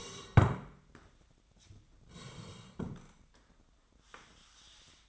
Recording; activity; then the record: daily activity, microphone in the room; sit down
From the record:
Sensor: 3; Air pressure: 1012.2 hPa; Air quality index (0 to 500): 175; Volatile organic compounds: 3 ppm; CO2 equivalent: 1343 ppm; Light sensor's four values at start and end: 59/155/67/73 and 108/233/113/128